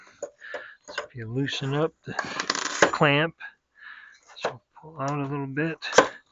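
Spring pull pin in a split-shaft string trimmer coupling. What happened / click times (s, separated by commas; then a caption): Handled, not yet home: the pull pin has not snapped in / none. Someone talks while handling the coupling of a split-shaft 52cc string trimmer, loosening the clamp so the spring-loaded pull pin can slide out a little, with a few faint handling taps and knocks between the words. The pin has not popped into its hole yet, and nothing has seated or clicked.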